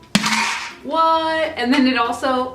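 A plastic flip cap on a shaker bottle lid is snapped shut, giving a single sharp snap at 0.2 s as it seats and stays down so the bottle won't spill. Afterward, someone talks.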